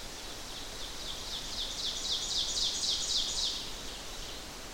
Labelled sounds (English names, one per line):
Ovenbird song